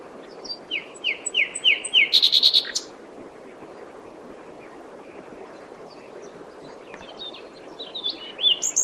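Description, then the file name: Common nightingale song: repeated slurred whistles leading into a rapid rattling series, then quieter scattered high notes and a final whistle. "Luscinia megarhynchos"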